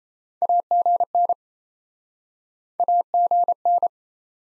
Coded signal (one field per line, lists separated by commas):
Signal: Morse code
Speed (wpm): 40 wpm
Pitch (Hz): 700 Hz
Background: none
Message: AGN AGN